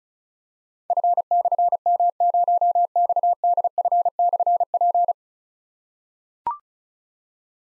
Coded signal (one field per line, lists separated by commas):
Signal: Morse code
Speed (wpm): 36 wpm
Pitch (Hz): 700 Hz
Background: none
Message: F/M0XDF/P